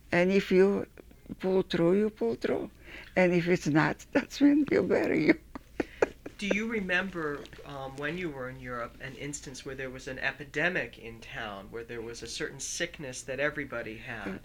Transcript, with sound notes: and if you pull through, you pull through and if it's not, that's when they bury you. [Laughs]
Do you remember when you were in Europe an instance where there was an epidemic in town, where there was a certain sickness that everybody had?